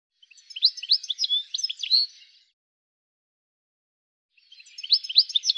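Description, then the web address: Bird giving a quick phrase of sharp high chirps and trilled notes, then silence, then a similar phrase starting again. "cianscape birddata"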